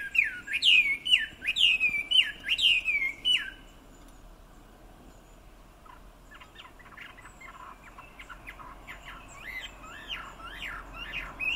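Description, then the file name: Chinese hwamei song: loud slurred whistles repeated in a rapid bouncing phrase, then softer, scattered notes that build again near the end. "Garrulax canorus"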